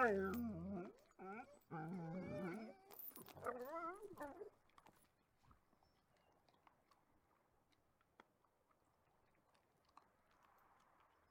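Dogs bark and yelp in a loud, rapid jumble for the first four and a half seconds, with wavering, howl-like cries bending up and down. Then it drops to near silence, with faint clicks and a soft rustle near the end.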